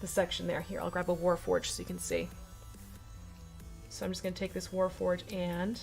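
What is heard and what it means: Someone talks over background music while handling a Warforged miniature, about to slide its plastic base into a notch on a ship deck. The clip ends before the base goes in, so nothing has seated yet.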